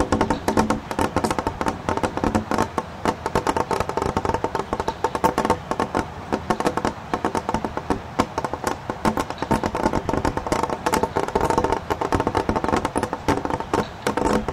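Water trickles and drips through snow in a dense, steady patter of crisp little taps that continues evenly throughout without pause.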